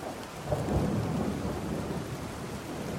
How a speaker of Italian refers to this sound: In Toscana piove ormai da una settimana, si teme un'esondazione dell'Arno